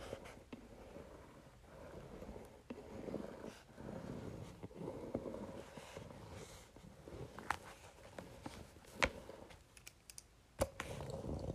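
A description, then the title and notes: A facial roller rolls across paper, making a steady low rumbling scrape that rises and falls in short strokes. Sharp clicks and light taps break in at intervals, with the brightest near nine and ten and a half seconds. A faint hum runs underneath throughout. Facial Roller on Paper.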